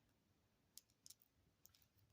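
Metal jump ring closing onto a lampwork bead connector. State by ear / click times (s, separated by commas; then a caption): seated / 0.8 s, 1.1 s. A metal jump ring linking a lampwork bead connector is squeezed shut with pliers, giving sharp little clicks at 0.8 s and 1.1 s as the ring ends meet, followed by softer ticks. The jump ring closes and seats onto the bead connector.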